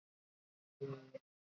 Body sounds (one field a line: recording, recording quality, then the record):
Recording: sustained vowel as in made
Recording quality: poor, much background noise or distortion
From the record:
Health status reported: recovered from COVID-19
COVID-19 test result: negative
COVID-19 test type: RT-PCR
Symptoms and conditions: cough, fever, fatigue, muscle pain, asthma, hypertension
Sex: male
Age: 40 years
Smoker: yes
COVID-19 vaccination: both doses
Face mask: worn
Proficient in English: yes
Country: India